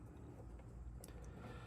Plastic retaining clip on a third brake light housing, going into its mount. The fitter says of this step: click there you go just click you heard right so after you get that little clip on